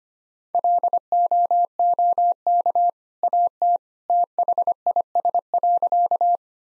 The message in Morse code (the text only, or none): LOOK AT THIS.